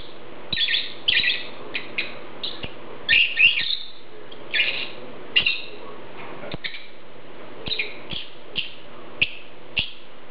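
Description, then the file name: Lovebird calls: sharp, harsh chirps in irregular bursts, some clustered, with clicks between them. "Prostaya fauna Golosa ptic - Nerazluchniki lat Agapornis"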